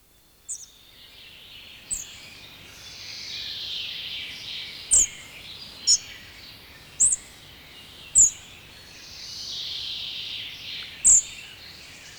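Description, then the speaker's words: Spotted Flycatcher song: seven thin, high, squeaky notes spaced irregularly, over a soft, swelling background hiss. Field recording from Finland, where it is the fifth most common bird; described as a soft-voiced chirper. "Viidenneksi yleisin lintumme on hentoääninen sirahtelija, harmaa sieppo."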